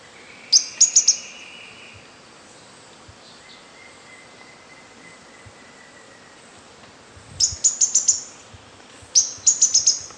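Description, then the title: Bird song in a few quick bursts of high chirps, with two long thin steady whistles also heard and a soft low background rumble. "LuckyPassaro Completos2Sama"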